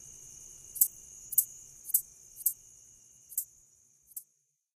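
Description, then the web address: Red-headed meadow katydid song, a high continuous buzz broken by six sharp ticks, the first four about half a second apart and the last two more widely spaced, then fading out into silence. North America. "Songs of Insects. Red-headed Meadow Katydid"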